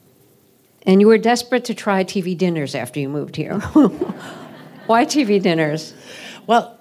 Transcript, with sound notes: And you were desperate to try TV dinners after you moved here.
(LAUGHTER)
Why TV dinners?